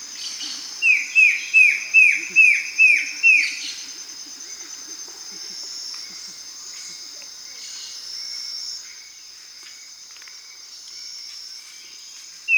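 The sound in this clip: Bird calls, a quick series of down-slurred whistles, then fainter notes beneath a continuous high drone.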